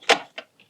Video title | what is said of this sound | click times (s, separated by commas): impression 3d utile, adaptateur de climatisation #3dprinting | Là on voit bien, on est bon au niveau du clipse. | 0.4 s